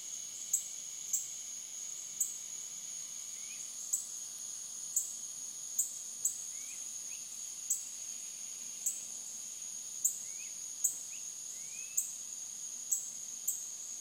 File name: Cicada Insects 8 26 13 8 06 PM